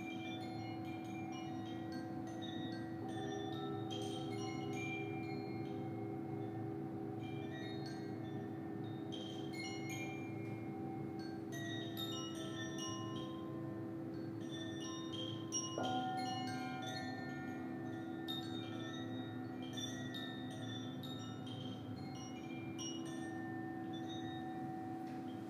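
Singing bowls hum in a steady, layered drone of low and middle tones that sustain throughout, with one tone shifting upward around sixteen seconds. Over them, bright chime-like pings from the rain ring sprinkle irregularly and often, clustering in short bursts.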